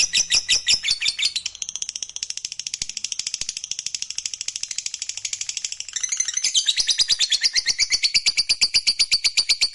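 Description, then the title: Lovebird song of rapid, sharp, high-pitched chirping, softer in the middle, then louder again in a dense, energetic chatter. Fighter-type lovebird singing energetically, in the gacor style. "SUARA Lovebird FIGHTER GACOR"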